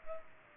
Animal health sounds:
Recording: mosquito wingbeat signal from an infrared sensor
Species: Culex pipiens

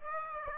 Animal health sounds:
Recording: mosquito wingbeat signal from an infrared sensor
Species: Aedes aegypti

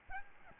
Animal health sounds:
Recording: mosquito wingbeat signal from an infrared sensor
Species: Aedes albopictus

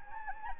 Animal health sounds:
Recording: mosquito wingbeat signal from an infrared sensor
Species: Anopheles arabiensis

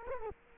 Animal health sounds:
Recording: mosquito wingbeat signal from an infrared sensor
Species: Culex quinquefasciatus

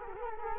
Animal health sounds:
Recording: mosquito wingbeat signal from an infrared sensor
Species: Culex quinquefasciatus

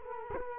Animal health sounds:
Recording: mosquito wingbeat signal from an infrared sensor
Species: Culex quinquefasciatus

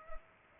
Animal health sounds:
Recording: mosquito wingbeat signal from an infrared sensor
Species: Culex pipiens

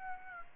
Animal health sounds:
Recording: mosquito wingbeat signal from an infrared sensor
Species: Aedes aegypti

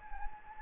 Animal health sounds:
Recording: mosquito wingbeat signal from an infrared sensor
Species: Anopheles gambiae

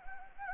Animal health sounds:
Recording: mosquito wingbeat signal from an infrared sensor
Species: Anopheles gambiae

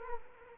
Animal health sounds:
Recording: mosquito wingbeat signal from an infrared sensor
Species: Culex quinquefasciatus

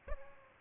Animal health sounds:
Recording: mosquito wingbeat signal from an infrared sensor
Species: Aedes aegypti

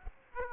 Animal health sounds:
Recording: mosquito wingbeat signal from an infrared sensor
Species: Aedes aegypti

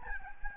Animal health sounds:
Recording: mosquito wingbeat signal from an infrared sensor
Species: Aedes albopictus

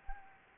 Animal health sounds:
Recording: mosquito wingbeat signal from an infrared sensor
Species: Anopheles gambiae

